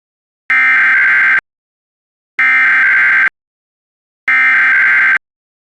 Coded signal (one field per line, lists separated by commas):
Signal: Emergency Alert System (SAME) tones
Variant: header bursts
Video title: [IPAWS EAS Archive] DASEOC Santa Barbara, CA Required Monthly Test (05/01/2018)